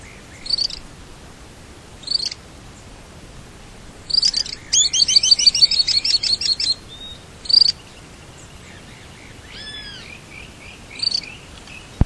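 Bird giving high, sharp chirps in short clusters, with one longer rapid trill-like series midway and a few thin descending notes near the end.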